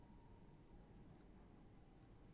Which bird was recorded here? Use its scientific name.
Strix aluco